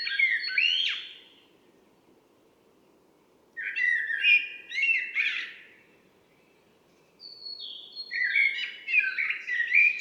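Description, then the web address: Common blackbird singing three warbled phrases about three to four seconds apart, each mixing fluted notes with shrill twittery endings, over a faint constant hum. "Mirlo común"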